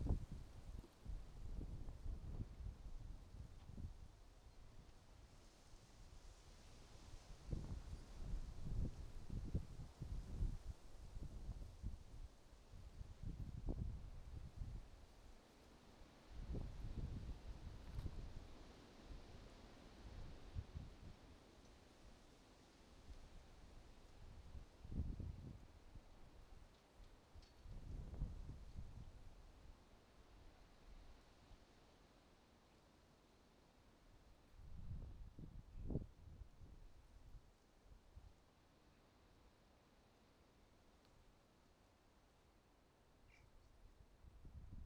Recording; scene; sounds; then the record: everyday scene through a hearing-aid microphone; wind on the microphone; wind, traffic, birds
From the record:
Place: suburban garden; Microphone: in the ear canal, right